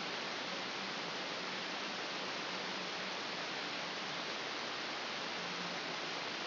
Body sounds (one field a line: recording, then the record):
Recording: brain microelectrode recording played as sound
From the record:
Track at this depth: inside the subthalamic nucleus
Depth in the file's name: 2.733 mm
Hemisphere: left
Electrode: 2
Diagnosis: Parkinson's disease